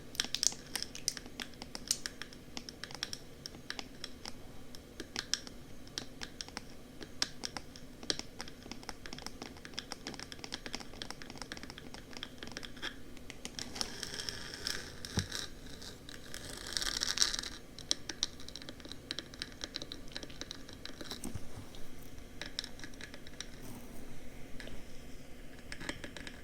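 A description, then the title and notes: Ear tapping and scratching: dense, irregular clicks and taps run throughout, quick and uneven, with brief scratchy rustles. A low steady hum sits underneath, and a louder stretch of rubbing and scratching builds around 14 to 18 seconds before the light tapping resumes. Ear Tapping & Scratching.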